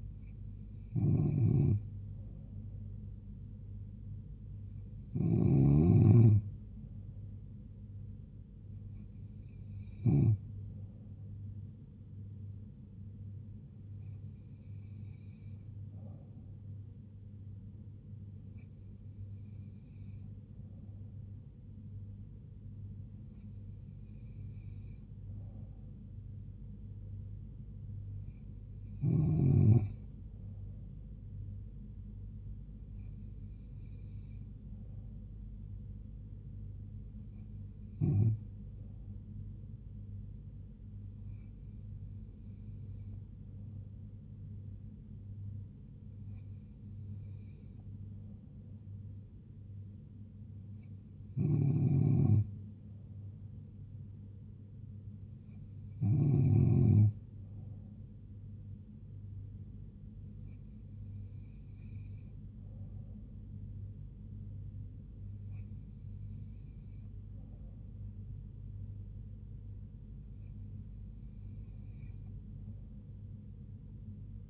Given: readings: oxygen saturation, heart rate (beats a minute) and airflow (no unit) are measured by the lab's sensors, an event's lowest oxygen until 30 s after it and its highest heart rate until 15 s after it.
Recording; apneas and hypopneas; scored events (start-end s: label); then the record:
breathing in sleep by a smartphone at the bedside; none
43.00-73.00 s: new sleep stage, N2 (light sleep)
73.00-74.50 s: new sleep stage, N3 (deep sleep)
From the record:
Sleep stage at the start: N3 (deep sleep); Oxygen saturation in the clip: 94 to 95%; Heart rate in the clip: 66 to 76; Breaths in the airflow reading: 16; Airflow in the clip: -2.8 to 2.1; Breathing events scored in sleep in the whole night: 158 in 7.3 hours asleep